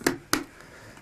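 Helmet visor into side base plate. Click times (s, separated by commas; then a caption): 0.1 s, 0.3 s. The rear lug of a plastic visor on a Scorpion EXO1000 motorcycle helmet is located on the side base plate, then the visor is flexed and pushed into place. Two sharp, short snaps ring out at 0.1 s and 0.3 s, the second the louder, as the visor clicks onto the base plate and seats.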